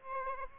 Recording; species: mosquito wingbeat signal from an infrared sensor; Aedes albopictus